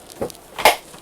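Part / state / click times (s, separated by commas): pull-out pantry drawer lock in an RV cabinet / seated / 0.7 s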